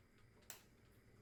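A plastic nozzle is pushed back into a filled liquid bag over the sink until it seats. One sharp click is heard at 0.5 s against a quiet background, and the nozzle is seated.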